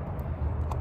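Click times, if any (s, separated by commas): 0.7 s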